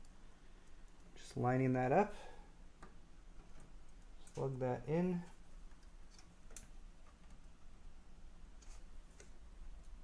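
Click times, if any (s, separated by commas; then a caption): 6.6 s. A power or cable connector is lined up and pushed onto its motherboard socket until its small plastic catch holds. Someone talks briefly twice, with faint ticks around them. A sharp snap at 6.6 s marks the connector seating into place.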